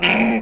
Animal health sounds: pig call; piglet (1 to 25 days)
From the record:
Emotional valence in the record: negative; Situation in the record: crushing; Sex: female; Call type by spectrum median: low-frequency call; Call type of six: high-frequency modulated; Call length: 0.42 s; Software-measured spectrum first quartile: 350 Hz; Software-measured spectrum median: 1191 Hz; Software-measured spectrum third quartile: 2460 Hz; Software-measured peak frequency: 219 Hz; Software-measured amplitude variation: 92 dB a second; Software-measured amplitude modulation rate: 22.7 a second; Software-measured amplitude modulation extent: 4.0 dB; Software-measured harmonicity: 3.4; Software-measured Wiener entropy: -1.73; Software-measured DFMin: 992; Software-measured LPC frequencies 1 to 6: 677, 2391, 2858, 4747, 6897, 7844 Hz

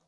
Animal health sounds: pig call; piglet (1 to 25 days)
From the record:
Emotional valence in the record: positive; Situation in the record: reunion after long isolation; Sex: female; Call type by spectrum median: low-frequency call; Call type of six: low-frequency tonal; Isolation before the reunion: 8 minutes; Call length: 0.08 s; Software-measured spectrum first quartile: 490 Hz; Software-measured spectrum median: 2029 Hz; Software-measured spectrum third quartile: 9479 Hz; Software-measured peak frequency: 516 Hz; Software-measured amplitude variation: 25 dB a second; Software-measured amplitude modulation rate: 12.9 a second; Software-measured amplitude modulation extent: 1.9 dB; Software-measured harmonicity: 4.0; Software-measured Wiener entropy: -2.29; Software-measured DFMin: 785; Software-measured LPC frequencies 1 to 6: 620, 1102, 3799, 4416, 5567, 6138 Hz

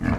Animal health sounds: pig call; growing-finishing pig (85 days or more)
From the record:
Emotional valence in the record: positive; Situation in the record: enriched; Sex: female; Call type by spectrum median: low-frequency call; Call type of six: low-frequency stable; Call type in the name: low-frequency stable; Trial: 4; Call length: 0.19 s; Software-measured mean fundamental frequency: 60 Hz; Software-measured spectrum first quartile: 160 Hz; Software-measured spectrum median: 294 Hz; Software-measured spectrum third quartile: 1005 Hz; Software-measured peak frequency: 242 Hz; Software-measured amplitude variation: 213 dB a second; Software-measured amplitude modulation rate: 18.5 a second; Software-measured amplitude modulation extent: 11.6 dB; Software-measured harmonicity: 0.3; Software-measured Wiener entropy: -1.35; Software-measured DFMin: 484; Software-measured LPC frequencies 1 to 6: 981, 1671, 2279, 4102, 4827, 5544 Hz

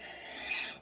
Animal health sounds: pig call; piglet (1 to 25 days)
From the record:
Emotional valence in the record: negative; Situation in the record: castration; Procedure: castration, shear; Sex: male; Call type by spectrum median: high-frequency call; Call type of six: high-frequency stable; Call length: 0.82 s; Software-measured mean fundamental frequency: 248 Hz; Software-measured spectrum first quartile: 2373 Hz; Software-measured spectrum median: 4310 Hz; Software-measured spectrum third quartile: 8342 Hz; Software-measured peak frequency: 2493 Hz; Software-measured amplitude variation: 87 dB a second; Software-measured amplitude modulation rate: 25.1 a second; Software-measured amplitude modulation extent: 3.5 dB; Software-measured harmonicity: 0.8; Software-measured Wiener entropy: -1.86

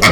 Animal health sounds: pig call; piglet (1 to 25 days)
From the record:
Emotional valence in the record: positive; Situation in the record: reunion after long isolation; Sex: male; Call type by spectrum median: low-frequency call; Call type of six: low-frequency tonal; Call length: 0.12 s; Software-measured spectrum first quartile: 666 Hz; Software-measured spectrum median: 1791 Hz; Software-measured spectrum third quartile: 2952 Hz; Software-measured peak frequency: 2142 Hz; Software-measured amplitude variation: 67 dB a second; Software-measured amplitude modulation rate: 4.2 a second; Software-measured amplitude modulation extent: 15.9 dB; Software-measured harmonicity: 0.6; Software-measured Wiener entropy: -1.65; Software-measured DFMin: 648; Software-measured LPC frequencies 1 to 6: 1243, 2129, 3336, 4512, 5393, 6913 Hz

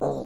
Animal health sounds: pig call; piglet (1 to 25 days)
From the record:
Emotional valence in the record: negative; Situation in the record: long isolation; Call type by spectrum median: low-frequency call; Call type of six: low-frequency stable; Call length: 0.26 s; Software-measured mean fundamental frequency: 60 Hz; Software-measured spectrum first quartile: 331 Hz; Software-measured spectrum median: 494 Hz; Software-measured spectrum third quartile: 657 Hz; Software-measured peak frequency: 506 Hz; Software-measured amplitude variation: 117 dB a second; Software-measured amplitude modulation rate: 28.4 a second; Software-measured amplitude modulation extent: 4.1 dB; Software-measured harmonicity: -1.1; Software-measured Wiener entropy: -0.45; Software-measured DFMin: 1658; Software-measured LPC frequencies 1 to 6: 498, 3835, 5559, 6497, 7354, 9066 Hz

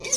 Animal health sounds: pig call; weaner (32 to 43 days)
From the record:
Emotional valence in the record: negative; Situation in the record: long isolation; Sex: female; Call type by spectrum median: high-frequency call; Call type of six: high-frequency stable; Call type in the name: high-frequency stable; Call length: 0.18 s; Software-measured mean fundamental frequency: 103 Hz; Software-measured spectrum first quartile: 2505 Hz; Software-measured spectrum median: 5581 Hz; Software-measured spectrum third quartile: 6421 Hz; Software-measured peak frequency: 6309 Hz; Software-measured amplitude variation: 189 dB a second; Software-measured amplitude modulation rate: 16.9 a second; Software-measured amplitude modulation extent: 11.2 dB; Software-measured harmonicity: 4.0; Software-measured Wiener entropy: -2.19

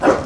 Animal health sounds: pig call; growing-finishing pig (85 days or more)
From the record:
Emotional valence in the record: positive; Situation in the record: run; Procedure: transit

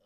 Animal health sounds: pig call; piglet (1 to 25 days)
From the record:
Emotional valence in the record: positive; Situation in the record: reunion after long isolation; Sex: male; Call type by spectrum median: low-frequency call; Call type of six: low-frequency tonal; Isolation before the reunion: 8 minutes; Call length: 0.06 s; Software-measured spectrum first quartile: 471 Hz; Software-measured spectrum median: 867 Hz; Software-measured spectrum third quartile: 4596 Hz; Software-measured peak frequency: 567 Hz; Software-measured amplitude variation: 16 dB a second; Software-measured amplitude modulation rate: 8.5 a second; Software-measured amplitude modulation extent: 1.9 dB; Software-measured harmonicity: 3.3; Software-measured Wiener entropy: -2.77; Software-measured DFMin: 510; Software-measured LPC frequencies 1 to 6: 552, 1305, 3023, 3561, 5328, 8136 Hz

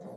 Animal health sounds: pig call; piglet (1 to 25 days)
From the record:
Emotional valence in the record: negative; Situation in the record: short isolation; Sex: male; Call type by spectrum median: low-frequency call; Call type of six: low-frequency stable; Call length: 0.17 s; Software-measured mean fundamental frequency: 60 Hz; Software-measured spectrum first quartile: 216 Hz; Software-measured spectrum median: 424 Hz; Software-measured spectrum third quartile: 606 Hz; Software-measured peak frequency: 199 Hz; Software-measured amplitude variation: 85 dB a second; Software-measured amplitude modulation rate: 23.4 a second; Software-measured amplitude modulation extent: 3.6 dB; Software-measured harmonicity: 2.0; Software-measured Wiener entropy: -0.03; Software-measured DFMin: 1105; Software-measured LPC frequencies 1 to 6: 553, 1883, 3747, 4707, 6064, 6977 Hz

